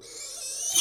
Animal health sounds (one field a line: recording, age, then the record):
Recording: pig call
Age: weaner (32 to 43 days)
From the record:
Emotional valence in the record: negative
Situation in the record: restrain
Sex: male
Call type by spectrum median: high-frequency call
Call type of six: high-frequency stable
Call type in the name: high-frequency stable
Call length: 0.81 s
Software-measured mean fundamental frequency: 200 Hz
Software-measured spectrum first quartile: 5034 Hz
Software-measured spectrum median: 6304 Hz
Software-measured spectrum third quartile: 8479 Hz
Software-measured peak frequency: 6155 Hz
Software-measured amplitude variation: 83 dB a second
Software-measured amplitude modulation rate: 28.5 a second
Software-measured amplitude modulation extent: 2.9 dB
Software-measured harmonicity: 7.0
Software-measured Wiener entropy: -2.18